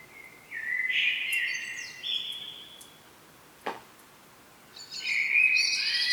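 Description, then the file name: Common blackbird singing fluty, stepped whistled phrases, a sustained mellow phrase early on, a brief click midway, then a higher twittering phrase near the end. "Turdus merula"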